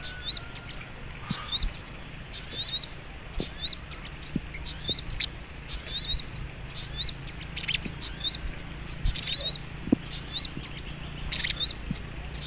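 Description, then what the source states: Little Spiderhunter producing a long series of sharp, high twitters in a lively, slightly irregular rhythm. Training (masteran) song in the Labaik style.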